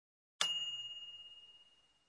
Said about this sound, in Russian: Такой звук издает микроволновая печь, когда истекает время, заданное для приготовления или разогрева пищи. Слово, которое в японском передает этот звук – «тинь».